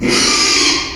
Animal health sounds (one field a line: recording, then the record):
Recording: squeal of a Yucatan mini pig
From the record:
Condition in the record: after surgery on the right vocal fold (resection and tissue-engineered implant)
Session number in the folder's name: 2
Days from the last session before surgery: 13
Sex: male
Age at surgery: 12 weeks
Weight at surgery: 13 kg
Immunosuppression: cyclosporine, prednisolone